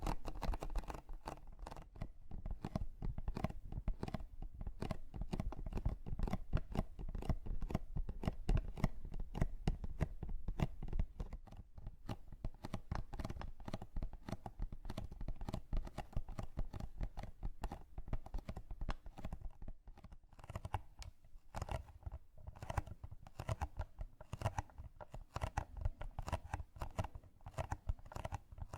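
Makeup sounds fill the clip: a dense, steady run of quick crackly taps and scratchy rustles, heavy in the lows. After about twenty seconds the strokes thin out into sharper, more separated clicks and brushes.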